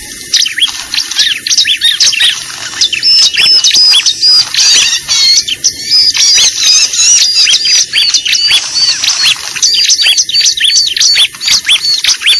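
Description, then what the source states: Lovebird chattering with dense, high squeaky chirps and arched notes in a continuous rapid stream with almost no pauses. Lure recording (pikat) made for attracting birds.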